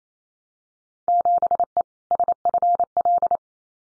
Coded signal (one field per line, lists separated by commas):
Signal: Morse code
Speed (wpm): 28 wpm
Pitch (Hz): 700 Hz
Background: none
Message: 7E SFL